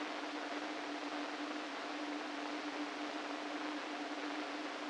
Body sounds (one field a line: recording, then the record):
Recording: brain microelectrode recording played as sound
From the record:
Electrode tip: inside the subthalamic nucleus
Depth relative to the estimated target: -2 mm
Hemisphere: right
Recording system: NeuroSet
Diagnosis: Parkinson's disease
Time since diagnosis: 13 years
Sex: male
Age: 49 years